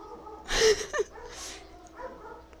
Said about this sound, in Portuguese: Nossa! Cachorros.